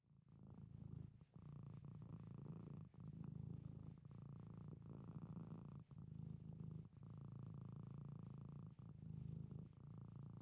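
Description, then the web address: Domestic cat purring in long low rumbling phrases, each breath cycle lasting a few seconds with brief gaps between them. Pet domestic cat purring. "SFXBible animals-domestic-cat-pet-purr"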